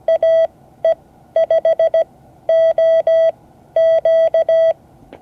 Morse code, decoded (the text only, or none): AE5OQ